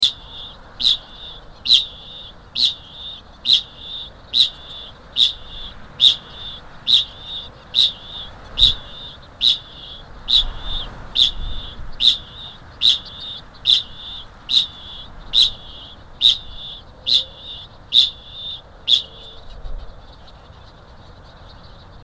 Kākāpō male 'chings'. Adult male 'chinging' to attract females.